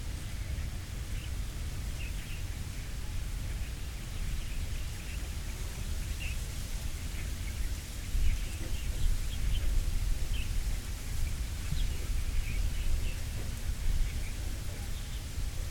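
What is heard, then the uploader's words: Wind gusts steadily over open water, a low rumble with a faint hiss, while small bird calls chirp faintly throughout. On the water. The wind blows the reeds.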